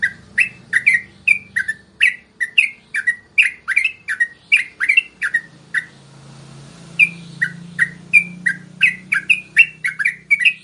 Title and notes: MASTERAN Trucukan Tembakan Dan Ropel. BURUNG TRUCUKAN